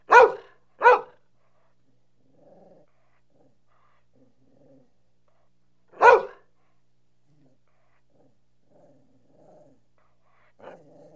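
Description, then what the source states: Dog barking loudly, a quick double bark, then a single bark, then a softer one, with faint soft sounds in the gaps. Medium-sized dog.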